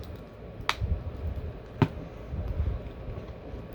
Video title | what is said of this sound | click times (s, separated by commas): Marvel Legends Caliban BAF | same thing nice click to it | 0.7 s